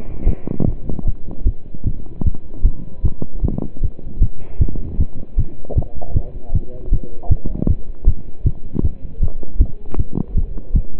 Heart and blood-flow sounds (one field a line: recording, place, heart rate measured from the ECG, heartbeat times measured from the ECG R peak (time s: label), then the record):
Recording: heart sounds by stethoscope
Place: between the tricuspid and mitral areas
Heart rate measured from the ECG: 155 bpm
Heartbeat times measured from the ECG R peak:
0.27 s: heartbeat
0.67 s: heartbeat
1.06 s: heartbeat
1.46 s: heartbeat
1.86 s: heartbeat
2.25 s: heartbeat
2.65 s: heartbeat
3.04 s: heartbeat
3.43 s: heartbeat
3.82 s: heartbeat
4.21 s: heartbeat
4.60 s: heartbeat
4.99 s: heartbeat
5.38 s: heartbeat
5.77 s: heartbeat
6.15 s: heartbeat
6.54 s: heartbeat
6.92 s: heartbeat
7.31 s: heartbeat
7.69 s: heartbeat
8.07 s: heartbeat
8.45 s: heartbeat
8.84 s: heartbeat
9.22 s: heartbeat
9.60 s: heartbeat
9.98 s: heartbeat
10.36 s: heartbeat
10.75 s: heartbeat
From the record:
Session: pedaling a stationary bicycle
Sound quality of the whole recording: partially saturated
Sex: male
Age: 27 years